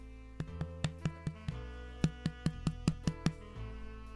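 Series of hollow taps as a finger percusses an adult's abdomen with a microphone held against it, giving a tympanic abdominal percussion note.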